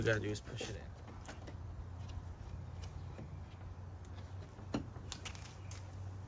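Someone talks as a replacement turn signal lamp housing with plastic clips is pushed into its opening in the front body of a 1996–2003 Ford F150 truck, with a steady low hum underneath. Brief handling knocks come around 4.7 to 5.7 seconds, but nothing has seated or clicked yet by the end.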